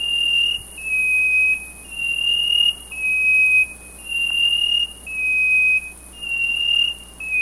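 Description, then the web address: Chestnut-breasted wren singing clear sustained whistles in pairs, a higher note sliding to a slightly lower one, repeated regularly over steady background hiss. Recorded in Ecuador. "S America Birds of Ecuador. Chestnut-breasted Wren"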